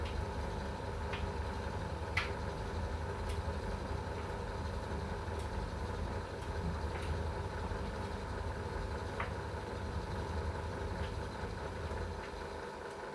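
An electric dryer hums steadily with a low rumble and constant whir, broken by faint scattered clicks and taps every second or two.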